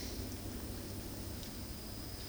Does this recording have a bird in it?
no